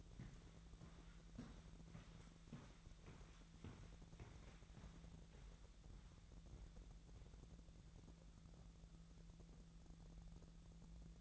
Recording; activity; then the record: daily activity, microphone in the room; walk to room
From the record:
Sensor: 3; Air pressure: 1012.2 hPa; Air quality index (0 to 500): 138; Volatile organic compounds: 2 ppm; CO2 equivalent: 1058 ppm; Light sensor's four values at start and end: 146/348/144/135 and 146/350/145/136